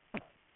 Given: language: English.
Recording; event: throat vibration sensor signal played as sound; cough